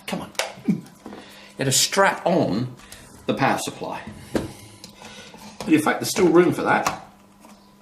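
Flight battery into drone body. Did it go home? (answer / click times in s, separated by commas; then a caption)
no / none. Someone talks while handling a flight battery at its slot on the back of a Parrot Bebop 2 quadcopter drone body, with a few short knocks and taps between the words. Nothing has seated or clicked yet.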